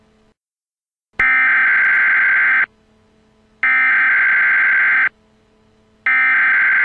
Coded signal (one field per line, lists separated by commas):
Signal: Emergency Alert System (SAME) tones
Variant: header bursts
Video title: esa/emergency alert system-nuclear bomb attack